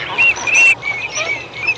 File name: Чирок-свистунок Alzavola